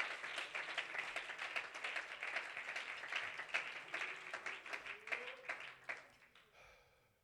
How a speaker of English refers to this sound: Would you clap your hands to the Lord at this place?